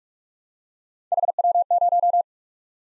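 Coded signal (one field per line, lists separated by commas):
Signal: Morse code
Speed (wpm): 44 wpm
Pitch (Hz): 700 Hz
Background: none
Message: HW0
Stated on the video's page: Three-character letter-number practice drill at 30 wpm, starting fast and slowing to a base speed; the final repeat is sent at maximum speed, 1.5 times the slowest.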